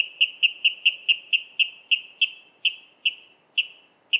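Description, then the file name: Water rail repeating sharp kip notes in a quick series that slows and spaces out toward the end. "Waterral Rallus aquaticus"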